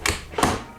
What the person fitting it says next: มันก็ลงมาแล้วนะครับผมให้มันกลึ๊บลงไปให้มันเข้าล็อคนะครับนี่มันก็จะงัดไม่ขึ้นแล้วนะฮะ